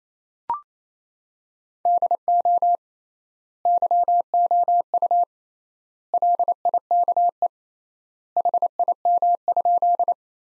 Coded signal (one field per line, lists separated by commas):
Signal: Morse code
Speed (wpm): 28 wpm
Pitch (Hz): 700 Hz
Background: none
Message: DO YOU LIKE HIM?